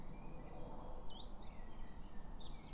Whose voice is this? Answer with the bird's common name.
Common Chiffchaff